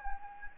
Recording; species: mosquito wingbeat signal from an infrared sensor; Anopheles gambiae